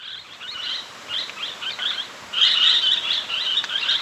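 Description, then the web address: Barred parakeet chatter, a nearly continuous stream of high, rapid twittering notes that grows louder and busier in the second half. Ecuador. "Birds of Ecuador. Barred Parakeet"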